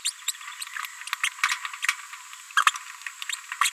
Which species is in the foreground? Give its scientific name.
Forpus passerinus